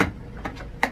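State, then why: Seated. A plastic side latch on a Craftsman 3HP shop vacuum is snapped over the lid rim to lock the motor head onto the canister. A few light ticks come before a sharp, loud click at 0.8 s as the latch seats in place.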